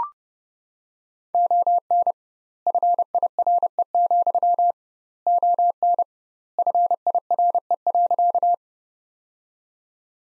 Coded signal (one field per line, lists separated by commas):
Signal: Morse code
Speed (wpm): 30 wpm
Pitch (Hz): 700 Hz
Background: none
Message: ON FIRE, ON FIRE.